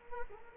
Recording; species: mosquito wingbeat signal from an infrared sensor; Culex quinquefasciatus